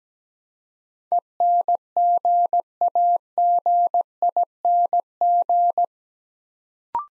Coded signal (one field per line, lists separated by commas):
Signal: Morse code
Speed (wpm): 17 wpm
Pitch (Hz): 700 Hz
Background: none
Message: ENGAGING